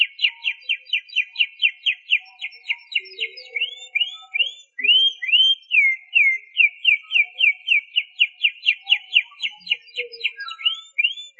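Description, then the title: Canary song: a long string of quick repeated chirps, a few looping slurred whistles midway, then more rhythmic trilled notes. "Suara Kenari"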